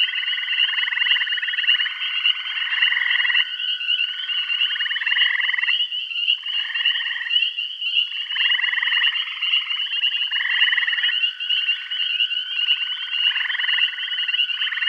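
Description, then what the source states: Dense frog chorus, many pulsed trilling calls overlapping in irregular succession, with a persistent high-pitched background buzz. Bath County.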